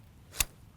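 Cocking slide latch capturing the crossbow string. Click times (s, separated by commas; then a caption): 0.4 s. The cocking slide of a 2021 TenPoint Havoc RS440 XERO crossbow is lowered onto the string and pushed until its latch captures it. A single sharp click sounds at 0.4 s, with little else around it. The slide is latched and the string is captured.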